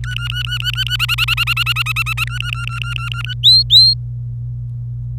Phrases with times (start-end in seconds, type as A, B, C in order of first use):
0.02-0.96 A, 1.00-2.25 B, 2.27-3.33 A, 3.43-3.94 C